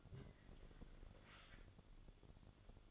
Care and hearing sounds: daily activity, microphone in the room; take from stove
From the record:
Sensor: 4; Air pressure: 1008.9 hPa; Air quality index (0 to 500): 130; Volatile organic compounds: 1 ppm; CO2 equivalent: 947 ppm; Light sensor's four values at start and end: 11/24/9/9 and 11/24/10/9

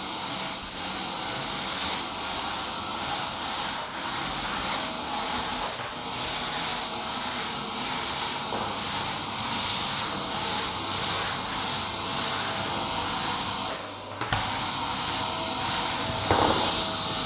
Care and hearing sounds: daily activity, microphone in the room; vacuum cleaning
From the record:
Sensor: 3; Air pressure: 994.4 hPa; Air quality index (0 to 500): 208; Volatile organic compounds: 1000 ppm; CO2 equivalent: 6924 ppm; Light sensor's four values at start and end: 73/171/71/68 and 35/79/35/36

